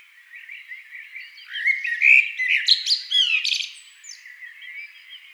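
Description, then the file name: Eurasian blackbird singing a soft warble that swells into rich fluty phrases, then breaks into a scratchy high twitter before fading. "amsel"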